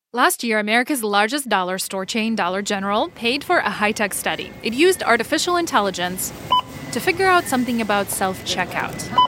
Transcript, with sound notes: Last year, America's largest dollar store chain, Dollar General, paid for a high-tech study. It used artificial intelligence... (SOUNDBITE OF SCANNER BEEPING) ...To figure out something about self-checkout...